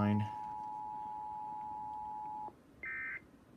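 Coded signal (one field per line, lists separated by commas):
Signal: Emergency Alert System (SAME) tones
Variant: 853 and 960 Hz attention tone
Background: speech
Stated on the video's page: EAS tests from a TV station.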